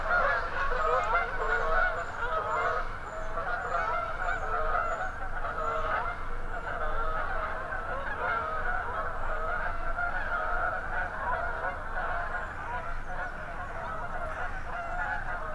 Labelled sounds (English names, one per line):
Canada Goose call